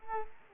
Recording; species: mosquito wingbeat signal from an infrared sensor; Culex quinquefasciatus